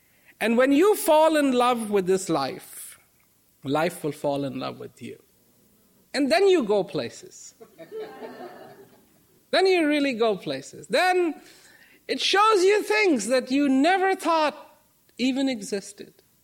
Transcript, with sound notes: and when you fall in love with this life, this life will fall in love with you and then you go places, (some laughter) then you really go places, then it shows you things you never thought even existed.